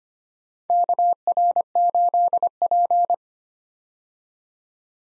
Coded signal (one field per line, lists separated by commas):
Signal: Morse code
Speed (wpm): 25 wpm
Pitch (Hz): 700 Hz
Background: none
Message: KR8P